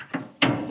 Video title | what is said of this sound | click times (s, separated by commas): 2025 BIGHORN 450 Pro Max Truck Side by Side UTV | this goes back and locks in place right here | 0.4 s